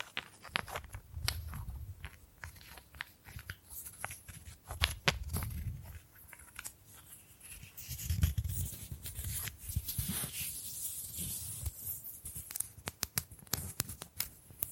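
Bamboo tapped, scratched and brushed in irregular clicks and scrapes, with low thumps near two, five and eight seconds and bright rustling throughout.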